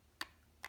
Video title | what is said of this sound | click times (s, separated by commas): Lego Ninjago Legacy Destiny’s Bounty!! | and then you would hear a small little click and then close it back up again | 0.2 s